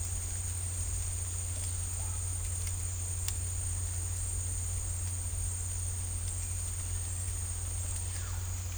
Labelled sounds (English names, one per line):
none